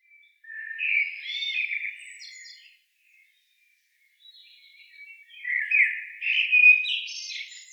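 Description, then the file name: Common blackbird song: two mellow, fluting warbled phrases, each sliding between low whistles and higher twittery notes, separated by a pause of about a second and a half. "Turdus merula"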